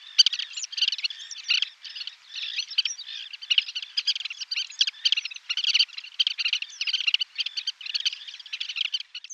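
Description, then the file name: Black-winged pratincole calls: a dense, continuous chatter of harsh, clipped notes overlapping throughout, with hardly a pause. "Svartvingad vadarsvala"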